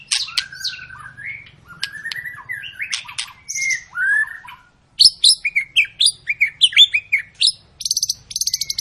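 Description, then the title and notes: White-rumped shama song: long whistles and rattling phrases, a short break, then rapid high chips and buzzy repeated notes. Long lure song of a singing white-rumped shama, played to prompt other birds to sing. "Pancingan Murai Batu Gacor Panjang. muraiku"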